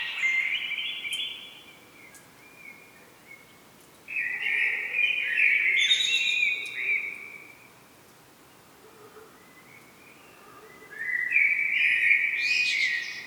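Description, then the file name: Common blackbird song: three separate warbled phrases with quiet gaps between them. "Turdus merula"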